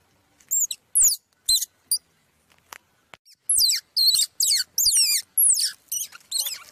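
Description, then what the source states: Squirrel pup with a few shrill falling squeaks, a near-silent pause, then a faster run of similar high cries. Young squirrel calling for its mother.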